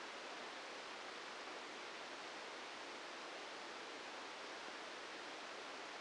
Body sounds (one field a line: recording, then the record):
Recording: brain microelectrode recording played as sound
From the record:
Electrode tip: inside the subthalamic nucleus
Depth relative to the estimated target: 2 mm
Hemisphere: left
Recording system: NeuroSet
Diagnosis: Parkinson's disease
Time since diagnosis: 14 years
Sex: male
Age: 51 years